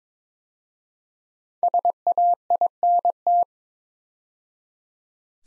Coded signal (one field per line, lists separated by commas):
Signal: Morse code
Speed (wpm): 22 wpm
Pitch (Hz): 700 Hz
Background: none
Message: SAINT